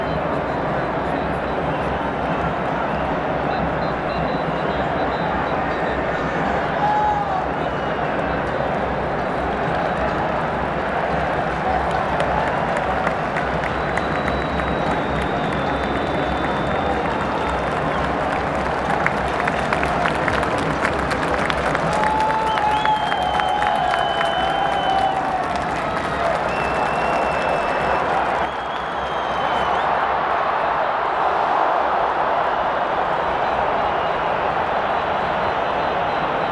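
A football stadium crowd at Wembley roars steadily throughout, a dense wash of voices with occasional whistles and brief claps, easing slightly near the end.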